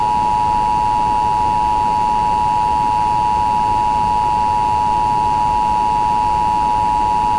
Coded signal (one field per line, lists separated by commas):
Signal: Emergency Alert System (SAME) tones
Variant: 853 and 960 Hz attention tone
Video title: EAS SIMULACIÓN - una alerta de tornado en Texas a las 2:00 AM pero la voz es casi silenciada.